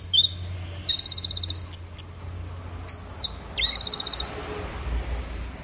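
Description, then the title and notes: Orange-headed thrush song of high trilled phrases and sharp upslurred whistles, separated by short pauses, over a steady low background hum. Bird in gacor (full, vigorous) song. "Anis Merah Gacor Teler. Kumpulan Suara Burung Anis"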